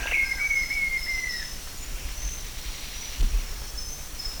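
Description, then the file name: Bird call: one clear whistled note, drawn out and easing slightly lower for over a second, followed by a steady high whine and a brief low thump. "SABIOD 50 bird 2015"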